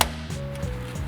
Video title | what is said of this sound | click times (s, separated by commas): Honda Accord LED Interior How To Install - 9th Generation (2013 - 2017) | and then you push till it snaps into place. | 0.0 s